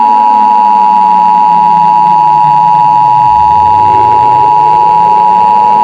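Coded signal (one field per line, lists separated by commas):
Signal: Emergency Alert System (SAME) tones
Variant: 853 and 960 Hz attention tone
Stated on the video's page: Fictional EAS scenario made for entertainment.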